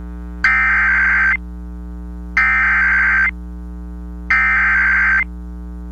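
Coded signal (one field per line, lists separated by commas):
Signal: Emergency Alert System (SAME) tones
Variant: header bursts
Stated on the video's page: Real EAS SAME alerts personally captured in the Deep South.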